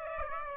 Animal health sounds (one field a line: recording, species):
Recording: mosquito wingbeat signal from an infrared sensor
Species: Aedes aegypti